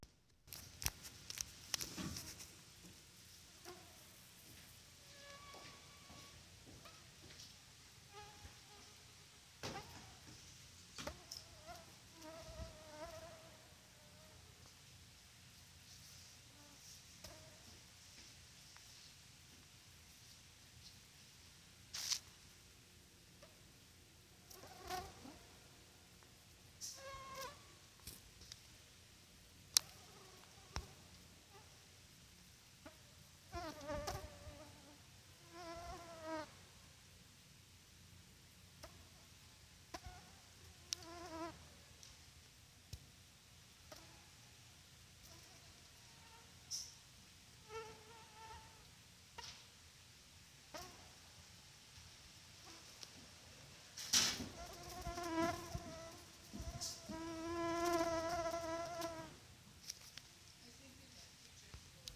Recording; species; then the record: mosquito flight sound by mobile phone; Culex quinquefasciatus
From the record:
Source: SanMateoVCD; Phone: Sony Xperia